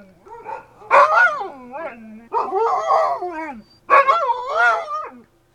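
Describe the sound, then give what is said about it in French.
Dogs at a house bark at nightfall in three loud bursts, the high, wavering yelps and yowls sliding up and down in pitch, with short pauses between them. “Quand j'arrivais à la maison, il faisait presque nuit, on avait fermé les portes et les chiens se mirent à aboyer.”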